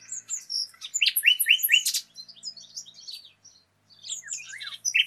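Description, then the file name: Common nightingale song, a jumble of high chirps and three rising slurred notes in quick succession, a brief pause, then more squeaky sliding notes. "Luscinia megarhynchos"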